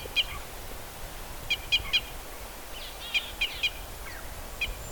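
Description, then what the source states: Red crossbill calls: scattered short, clipped notes, singly and in threes, with a faint downslurred note near the end. Red crossbill of call type E.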